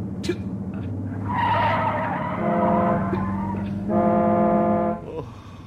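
Tires screech in long, loud, wavering tonal squeals as a car skids, swerving and braking to avoid an oncoming bus, with a heavy horn-like drone and engine rumble underneath before the sound cuts off.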